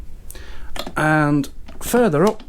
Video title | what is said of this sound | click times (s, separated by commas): VTOMAN FlashSpeed PRO 3600 Review - Portable Power Station | you just press the button here, it comes up and clicks into place there. | 0.3 s